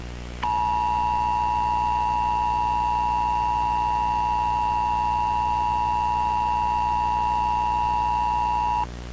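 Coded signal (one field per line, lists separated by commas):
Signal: Emergency Alert System (SAME) tones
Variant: 853 and 960 Hz attention tone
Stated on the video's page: Real alert that interrupted a television commercial.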